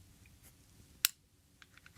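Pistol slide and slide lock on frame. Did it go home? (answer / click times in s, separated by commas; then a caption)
released / 1.1 s. During reassembly of a SIG Sauer P228 pistol, with the takedown lever at the three o'clock position, the locked-back slide is pulled rearward and releases from the slide lock on the frame with one sharp, loud click at 1.0 s. It is then followed forward onto the frame, with a few faint light ticks after 1.6 s over a quiet background.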